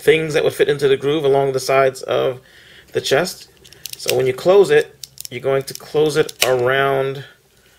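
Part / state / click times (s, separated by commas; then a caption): chest panel of a transforming action figure closing around the head / not seated / none. Plastic chest panels of a transforming robot action figure are being handled before closing around the head. Someone talks throughout, and the tabs along the chest sides have not yet met their grooves. Nothing has seated or clicked yet.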